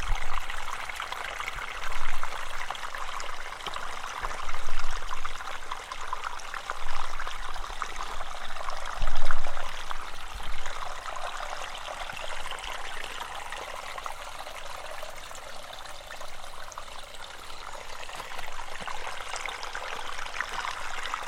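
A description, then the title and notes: A small stream trickles steadily with a dense, bright splashing wash, swelling briefly around two, five and nine seconds before settling evenly. A hot afternoon in the forest. A humid, hot August afternoon in the Parco Regionale del Conero.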